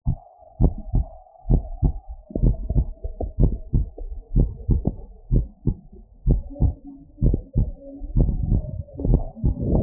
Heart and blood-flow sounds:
heart sounds
0.00	0.02	S2
0.02	0.60	diastole
0.60	0.72	S1
0.72	0.94	systole
0.94	1.06	S2
1.06	1.50	diastole
1.50	1.62	S1
1.62	1.84	systole
1.84	1.94	S2
1.94	2.42	diastole
2.42	2.56	S1
2.56	2.76	systole
2.76	2.86	S2
2.86	3.40	diastole
3.40	3.52	S1
3.52	3.74	systole
3.74	3.86	S2
3.86	4.36	diastole
4.36	4.50	S1
4.50	4.70	systole
4.70	4.82	S2
4.82	5.32	diastole
5.32	5.46	S1
5.46	5.68	systole
5.68	5.76	S2
5.76	6.28	diastole
6.28	6.40	S1
6.40	6.62	systole
6.62	6.74	S2
6.74	7.24	diastole
7.24	7.38	S1
7.38	7.58	systole
7.58	7.68	S2
7.68	9.83	noise
From the record:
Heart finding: normal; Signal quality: good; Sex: female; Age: 70 years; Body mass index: 32

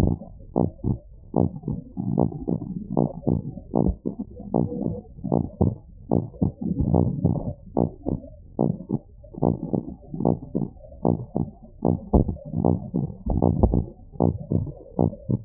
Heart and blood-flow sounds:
heart sounds
0.00	0.03	S1
0.03	0.13	systole
0.13	0.19	S2
0.19	0.57	diastole
0.57	0.69	S1
0.69	0.87	systole
0.87	0.97	S2
0.97	1.37	diastole
1.37	1.49	S1
1.49	1.69	systole
1.69	1.79	S2
1.79	2.17	diastole
2.17	2.29	S1
2.29	2.49	systole
2.49	2.59	S2
2.59	2.97	diastole
2.97	3.09	S1
3.09	3.29	systole
3.29	3.41	S2
3.41	3.81	diastole
3.81	3.95	S1
3.95	4.11	systole
4.11	4.17	S2
4.17	4.55	diastole
4.55	4.67	S1
4.67	4.85	systole
4.85	4.95	S2
4.95	5.33	diastole
5.33	5.45	S1
5.45	5.61	systole
5.61	5.75	S2
5.75	6.13	diastole
6.13	6.25	S1
6.25	6.43	systole
6.43	6.51	S2
6.51	6.89	diastole
6.89	7.05	S1
7.05	7.23	systole
7.23	7.37	S2
7.37	7.77	diastole
7.77	7.89	S1
7.89	8.09	systole
8.09	8.19	S2
8.19	8.61	diastole
8.61	8.75	S1
8.75	8.93	systole
8.93	9.01	S2
9.01	9.43	diastole
9.43	9.55	S1
9.55	9.75	systole
9.75	9.85	S2
9.85	10.25	diastole
10.25	10.37	S1
10.37	10.57	systole
10.57	10.67	S2
10.67	11.05	diastole
11.05	11.17	S1
11.17	11.37	systole
11.37	11.47	S2
11.47	11.85	diastole
11.85	11.97	S1
11.97	12.13	systole
12.13	12.27	S2
12.27	12.63	diastole
12.63	12.77	S1
12.77	12.89	systole
12.89	12.95	S2
12.95	13.27	diastole
13.27	13.41	S1
13.41	13.59	systole
13.59	13.75	S2
13.75	14.21	diastole
14.21	14.33	S1
14.33	14.53	systole
14.53	14.65	S2
14.65	14.99	diastole
14.99	15.11	S1
15.11	15.31	systole
15.31	15.41	S2
15.41	15.45	diastole
From the record:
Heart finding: normal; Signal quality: good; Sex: male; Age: 50 years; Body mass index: 26.9

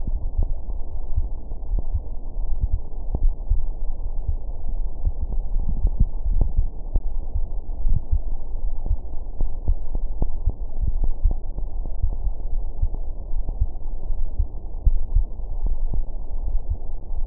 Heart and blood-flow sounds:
heart sounds
not marked
From the record:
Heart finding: coronary artery disease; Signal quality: poor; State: rest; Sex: male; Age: 61 years

